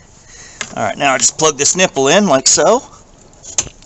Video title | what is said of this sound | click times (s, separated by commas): Dual Oil Catch Can Kit DIY 2020 & UP Ford F150 Ecoboost Improved Video | until it clicks which it has | 3.6 s